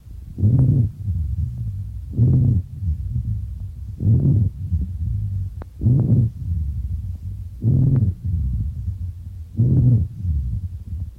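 Deep, rumbling, snore-like tones rise with each breath in a steady cycle of about 32 breaths a minute, with a softer low rumble between them. These are rhonchi, low-pitched wheezes heard over an adult chest with a stethoscope.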